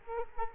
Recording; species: mosquito wingbeat signal from an infrared sensor; Culex quinquefasciatus